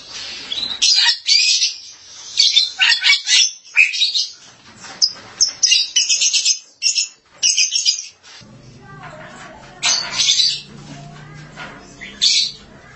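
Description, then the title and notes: Starling repeating scratchy, buzzy chattering notes in quick succession, then pausing before a few more harsh bursts over a faint low hum. "suara burung jalak"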